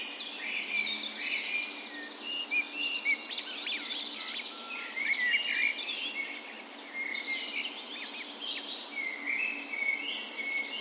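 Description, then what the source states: Birds in a dense birds, twittering, sliding whistles and quick trills overlapping throughout, with a faint steady low hum beneath. Birds on the morning of 17 May, Norway's National Day, in a park west in Bergen, Norway, in spring; Sony PCM A10 recorder with LOM Usi microphones as tree ears.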